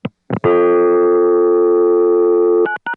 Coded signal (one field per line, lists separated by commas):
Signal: telephone call progress tone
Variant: North America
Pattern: dial tone